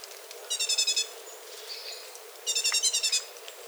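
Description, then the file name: Great tit scolding with two brisk rattles of rapid buzzy notes, about two seconds apart. "Parus major"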